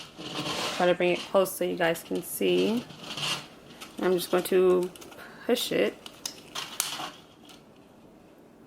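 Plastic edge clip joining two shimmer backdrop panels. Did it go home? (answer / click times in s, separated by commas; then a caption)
yes / 6.8 s. A plastic edge clip is pushed over the joined rings of two sequin shimmer wall panels to lock them together. Someone talks, then a sharp snap at 6.8 s marks the clip seating in place.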